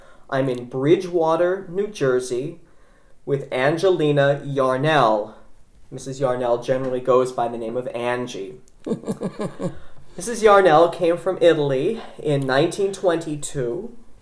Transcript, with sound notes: I'm in Bridgewater, New Jersey with Angelina Yarnell. Mrs. Yarnell generally goes by the name of Angie. (laughs) Mrs. Yarnell came from Italy in 1922.